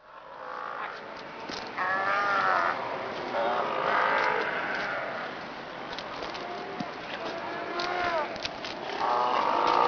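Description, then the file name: South American sea lions bawling with harmonic, wavering calls, several animals overlapping in near-continuous bursts. "southern sea lion"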